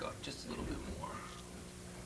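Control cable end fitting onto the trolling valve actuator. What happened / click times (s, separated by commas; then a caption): Part handled and positioned, but no seating click yet / none. A throttle control cable end is being twisted slightly and pushed up toward its ball stud fitting on a trolling valve actuator while someone talks. The cable end has not snapped onto the ball stud yet; nothing has seated or clicked.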